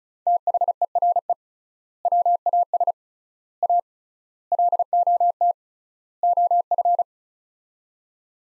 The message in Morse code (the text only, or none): THERE WAS A LOT OF